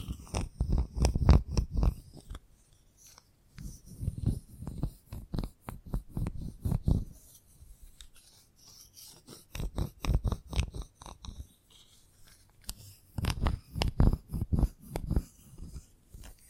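Chalk tapping and scratching comes in bursts: quick runs of sharp taps and short scrapes around 0–2, 4–7, 9–12 and 13–16 seconds. The strokes are crisp with a low thump under each, separated by brief near-silent pauses and faint rustling.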